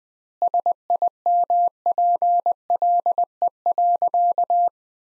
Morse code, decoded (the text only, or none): SIMPLE.